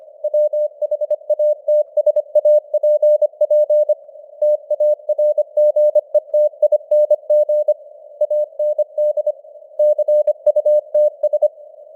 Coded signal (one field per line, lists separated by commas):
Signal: Morse code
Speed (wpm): 25 wpm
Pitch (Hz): 600 Hz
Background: none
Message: WHATSAPP TARGETING AND CUTS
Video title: Morse Code News | 2025-10-20 | 25wpm